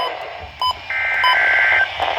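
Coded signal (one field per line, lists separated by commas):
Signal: Emergency Alert System (SAME) tones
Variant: header bursts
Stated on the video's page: EAS alerts from 2023 in Michigan, captured from a NOAA weather radio.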